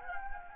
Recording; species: mosquito wingbeat signal from an infrared sensor; Anopheles gambiae